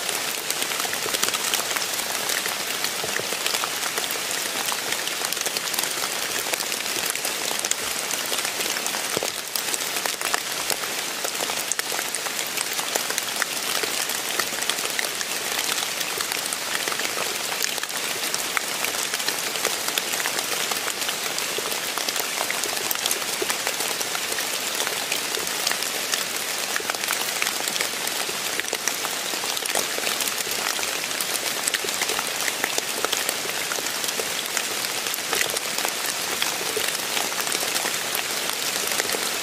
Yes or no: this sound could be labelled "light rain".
yes